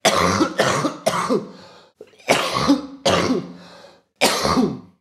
Coughing.